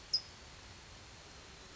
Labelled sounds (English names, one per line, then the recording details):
California Towhee
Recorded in Sonoma County, California